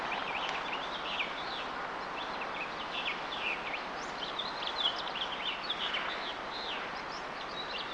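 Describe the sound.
Birds calling, a dense chorus of short high chirps throughout, over a steady background hiss.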